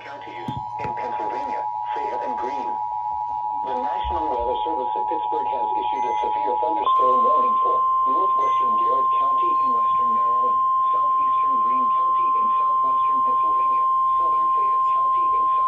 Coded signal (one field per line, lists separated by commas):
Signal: Emergency Alert System (SAME) tones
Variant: 853 and 960 Hz attention tone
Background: speech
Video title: EAS 1037: PBZ SVR